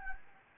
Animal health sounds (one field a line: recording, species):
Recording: mosquito wingbeat signal from an infrared sensor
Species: Anopheles gambiae